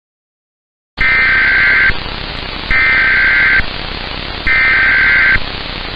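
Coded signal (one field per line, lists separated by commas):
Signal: Emergency Alert System (SAME) tones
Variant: header bursts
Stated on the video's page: Fictional EAS short film styled as a NOAA Weather Radio anti-piracy warning.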